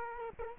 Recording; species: mosquito wingbeat signal from an infrared sensor; Culex quinquefasciatus